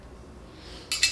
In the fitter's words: like it'll stay on the machine as you're grinding so it locks into place like that